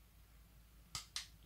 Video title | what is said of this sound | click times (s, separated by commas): The Tactical Jolt (AKA: An idle 3D printer is the Devil's plaything). | it should once it's lined up click | 1.0 s, 1.2 s